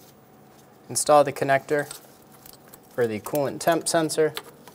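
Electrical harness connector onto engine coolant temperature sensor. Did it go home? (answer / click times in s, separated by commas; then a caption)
no / none. A wiring harness connector is handled at the new coolant temperature sensor on the engine of a 2003-2007 Honda Accord 3.0L V6 while someone talks, with a few faint, brief handling sounds between the words. Nothing has seated or clicked yet; the clip ends just before the connector goes home.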